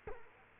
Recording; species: mosquito wingbeat signal from an infrared sensor; Culex quinquefasciatus